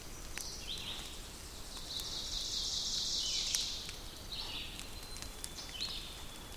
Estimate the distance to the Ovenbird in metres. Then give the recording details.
about 55 m. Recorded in boreal forest in Alberta, Canada, on 2 June 2016 at 08:31. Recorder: SongMeter 3, array SBT-3-7. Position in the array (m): 194 m, 1 m. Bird 6